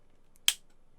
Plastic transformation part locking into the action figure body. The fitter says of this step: there we go make sure you get that nice click